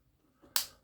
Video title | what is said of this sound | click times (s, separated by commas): Hachette Disney Dolls House : part 61 | That's it, a very satisfying click. | 0.6 s